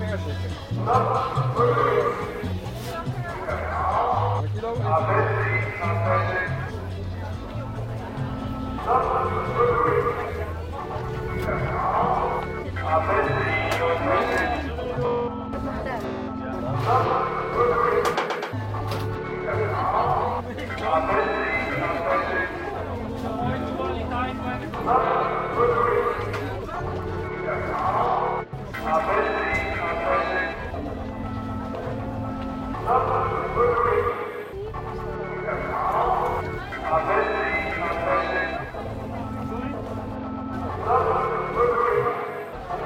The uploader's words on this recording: En Plein Publiek #1 - Binnerotte. The four pieces are based on sound recordings of other squares in the city of Rotterdam, made during the summer of 2011.